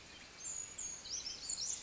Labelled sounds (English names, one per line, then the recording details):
Pacific Wren
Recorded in Sonoma County, California